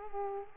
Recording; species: mosquito wingbeat signal from an infrared sensor; Culex quinquefasciatus